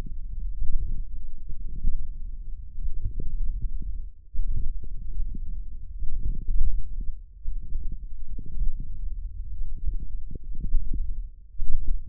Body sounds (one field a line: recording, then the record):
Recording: forearm muscle sounds (acoustic myography)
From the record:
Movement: hand closing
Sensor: system 1, eight BSWA MPA416 microphones around the upper forearm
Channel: 5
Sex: female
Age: 21 years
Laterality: right